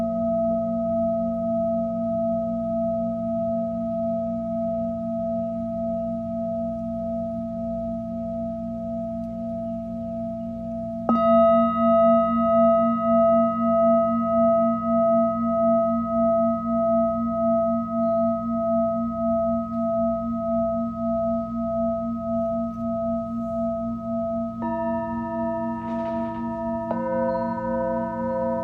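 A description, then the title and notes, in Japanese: Singing bowls for sound healing ring in long, steady tones, a low hum layered with clear higher pitches that pulse gently. Near eleven seconds a new bowl is struck, brighter and louder, and around twenty-five seconds further strikes add fresh ringing tones. メキシコから シンギングボウルのサウンドヒーリング ライブ。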